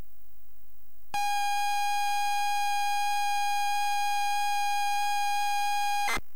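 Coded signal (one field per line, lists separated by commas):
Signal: ZX Spectrum tape loading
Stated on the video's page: ZX Spectrum +3 loading from a WH Smith CPD8300 cassette player, captured via Elgato capture card and SCART to HDMI upscaler.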